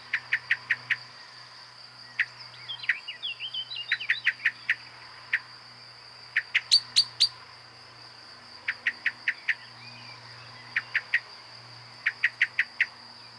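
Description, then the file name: Common blackbird calling with hard chink notes in quick runs of three to five, some higher and shriller, with brief twittering between and a constant high-pitched hum. "Turdus merula"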